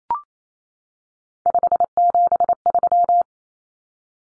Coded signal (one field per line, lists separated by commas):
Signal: Morse code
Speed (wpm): 28 wpm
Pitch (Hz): 700 Hz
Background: none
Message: 573